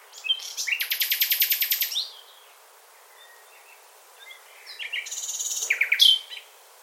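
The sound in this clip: Bird song: two bursts of rapid, repeated high notes separated by a quiet pause with a few faint chirps.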